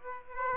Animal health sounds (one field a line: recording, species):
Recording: mosquito wingbeat signal from an infrared sensor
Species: Aedes aegypti